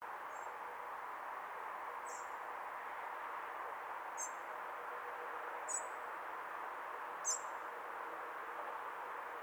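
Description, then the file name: Common blackbird giving thin, very high, brief calls, five of them spaced roughly every one and a half to two seconds, over a steady broad hiss of background noise. "Turdus merula"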